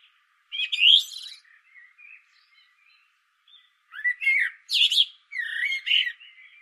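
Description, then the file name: Common blackbird song: two loud phrases of mellow fluted warbling mixed with high, strained twittering notes, with quieter soft notes between them. "Turdus merula"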